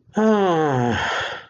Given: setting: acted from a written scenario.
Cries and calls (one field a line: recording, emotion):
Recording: vocal sound without words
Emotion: serenity